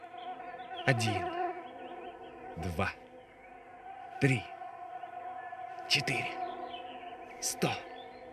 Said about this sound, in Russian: 1, 2, 3, 4, 100, 1000, 1000000 комаров. И все они что-нибудь и зачем-нибудь жужжат около меня.